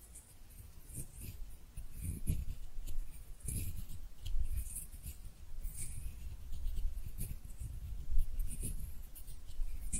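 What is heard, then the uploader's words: Hand sounds: skin rubbing and scratching in steady, irregular strokes, with soft dull thumps underneath and crisp, airy rustles on top. The movement gets busier after about two seconds, with firmer swipes near 2, 3.5 and 8 seconds. ASMR Relaxing Hand Sounds (No Talking).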